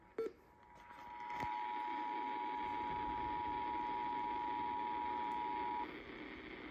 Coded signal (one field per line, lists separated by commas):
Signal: Emergency Alert System (SAME) tones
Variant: 853 and 960 Hz attention tone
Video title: Monday required weekly tests [EAS #574-575]